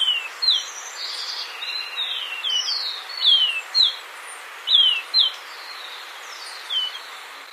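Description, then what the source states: Golden-faced Tyrannulet giving repeated high, descending whistled notes, often doubled, irregularly spaced, over soft background hiss. Recorded in Ecuador; the bird may belong to an unnamed taxon.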